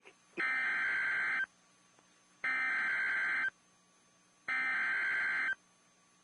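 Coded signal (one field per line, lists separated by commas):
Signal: Emergency Alert System (SAME) tones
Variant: header bursts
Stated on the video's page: Severe thunderstorm warning from NWS Chicago on a NOAA Weather Radio transmitter, heard via a stream with distorted audio.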